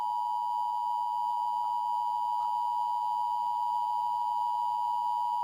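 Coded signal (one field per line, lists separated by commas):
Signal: Emergency Alert System (SAME) tones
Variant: 853 and 960 Hz attention tone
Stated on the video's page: Fictional tornado scenario made as a Scratch project.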